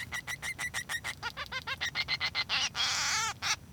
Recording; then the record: song of a male Bengalese finch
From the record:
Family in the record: son of father 3